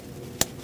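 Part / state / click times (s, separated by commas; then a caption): wiring harness connector onto fuel sending unit / seated / 0.4 s. A plastic wiring harness electrical connector is plugged back into its mating socket on the fuel tank sending unit of a 2008-2014 Mercedes-Benz C300 3.0L V6. A single sharp click at 0.4 s rises above a low steady background. The connector is seated and secure.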